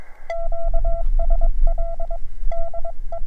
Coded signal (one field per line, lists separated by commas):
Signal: Morse code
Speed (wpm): 21 wpm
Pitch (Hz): 690 Hz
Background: none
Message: QSL DE